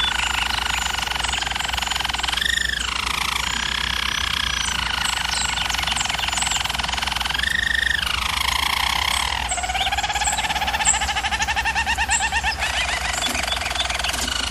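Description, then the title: German Roller canary singing long unbroken rolls and deep bubbling trills, sweeping up and down in pitch, with a constant low background hum. German Roller canary singing, for canary training. "German Roller Canary Singing - Canary Training Vid"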